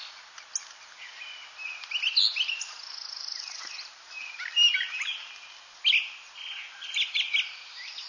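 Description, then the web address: Thrasher song: varied chirpy and buzzy phrases, some louder bursts among softer notes, over a steady background hiss. "birdwatchernj birdsongs thrasher"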